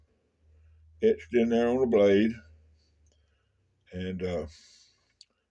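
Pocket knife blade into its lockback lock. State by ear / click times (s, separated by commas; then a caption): seated / 5.2 s. Someone talks while opening the steel blade of a small $15 lockback pocket knife. The blade clicks into its lock with a sharp click at 5.2 s, locking open solid with no blade wobble.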